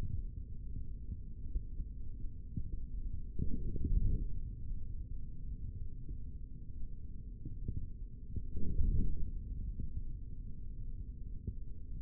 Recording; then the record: forearm muscle sounds (acoustic myography)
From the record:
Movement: forearm pronation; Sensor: system 3, bracelet of six PUI Audio POM-2738L microphones around the upper forearm, with dedicated amplification and filtering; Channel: 4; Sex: male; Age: 25 years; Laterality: right